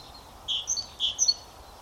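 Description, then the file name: Great tit calls: two short bursts of high, sharp notes over a faint steady background hiss. "Parus major"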